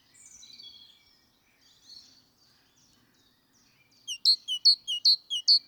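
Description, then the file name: Great tit calls: faint high thin notes at first, then a fast series of several sharp, high chipping notes over the last two seconds. "Parus major"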